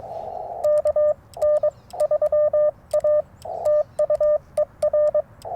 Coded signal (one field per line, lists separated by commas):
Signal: Morse code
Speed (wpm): 22 wpm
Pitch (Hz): 600 Hz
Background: radio noise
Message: KN3A TU ER